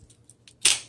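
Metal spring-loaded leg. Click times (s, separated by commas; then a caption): 0.6 s. A button on a spring-loaded bipod leg is pushed and the metal leg extends to a setting, with two faint ticks near 0.3 and 0.5 seconds. A sharp, bright click at 0.6 seconds rings out and fades as the leg locks into its extended position.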